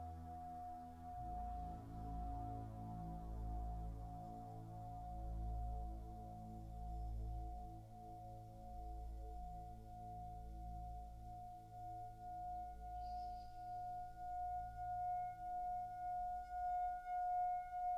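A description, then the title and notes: A Tibetan singing bowl rings with a steady bright tone over a deep, slowly pulsing hum, the sustained ring swelling and wavering throughout. A very simple calming soundscape for meditation using a Tibetan singing bowl.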